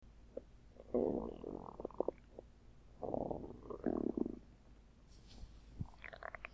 Tummy grumble.